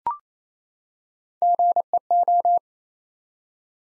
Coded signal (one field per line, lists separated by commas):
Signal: Morse code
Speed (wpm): 27 wpm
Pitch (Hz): 700 Hz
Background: none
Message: GEO